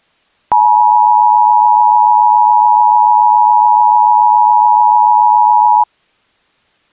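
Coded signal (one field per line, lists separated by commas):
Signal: Emergency Alert System (SAME) tones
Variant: 853 and 960 Hz attention tone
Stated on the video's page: Fictional EAS scenario using valid SAME header tones; a fake, simulated alert.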